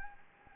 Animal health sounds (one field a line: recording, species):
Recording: mosquito wingbeat signal from an infrared sensor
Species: Anopheles gambiae